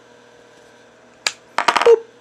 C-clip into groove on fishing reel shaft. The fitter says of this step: like that did you hear it click I heard it click that's good enough